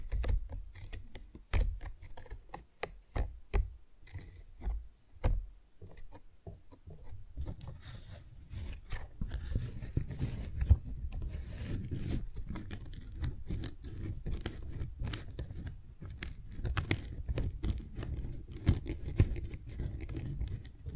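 Tingly flower sounds, beginning with sparse, sharp clicks and crisp snips spaced irregularly over the first seven seconds. The handling then thickens into a steady low rustling and crumpling, with quick crackles and taps scattered throughout until the end.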